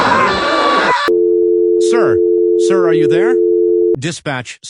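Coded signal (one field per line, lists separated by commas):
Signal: telephone call progress tone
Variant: North America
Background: speech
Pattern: dial tone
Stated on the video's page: Fictional dinosaur scenario using valid EAS tones; not a real alert.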